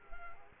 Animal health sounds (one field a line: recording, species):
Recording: mosquito wingbeat signal from an infrared sensor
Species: Culex quinquefasciatus